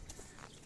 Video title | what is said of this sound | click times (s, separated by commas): Episode 3 - Présentation du Kit Solaire Materfrance Ecomax 860 | et ça ensemble ça a fait un petit clic | 0.1 s